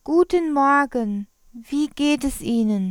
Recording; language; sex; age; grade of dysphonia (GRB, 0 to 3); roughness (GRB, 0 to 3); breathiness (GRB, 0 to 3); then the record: spoken sentence; German; female; 30 to 39 years; 1; 0; 0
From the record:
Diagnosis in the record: phonasthenia (vocal fatigue); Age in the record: 31 years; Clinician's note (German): Psychogen, stroboskopisch o.B.